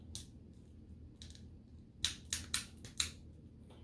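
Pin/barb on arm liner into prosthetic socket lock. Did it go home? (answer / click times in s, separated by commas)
yes / 0.2 s, 1.2 s, 2.1 s, 2.3 s, 2.5 s, 3.0 s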